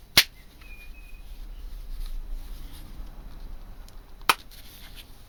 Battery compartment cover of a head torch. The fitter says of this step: okay it didn't go in like a big positive click but it says it's waterproof